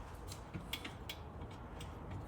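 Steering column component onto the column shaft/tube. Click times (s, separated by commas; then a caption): 0.7 s. During the rebuild of a 1965 Ford Thunderbird steering column, a metal part is worked over the next piece onto the column shaft and tube. Amid faint metallic ticks, a sharp click at 0.7 seconds is heard as the part seats fully home.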